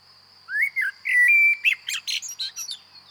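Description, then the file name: Common blackbird singing a short phrase of mellow rising whistles that breaks into a rapid, scratchy, high-pitched twitter, over a constant thin high tone in the background. "Turdus merula"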